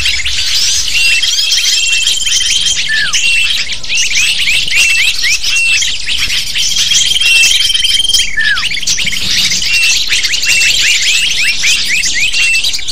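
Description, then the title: Dense lovebird chorus of piercing chirps and twitters, with two distinct downward-sliding calls. Lure sound used to attract lovebirds. "PIKAT BURUNG LOVEBIRD"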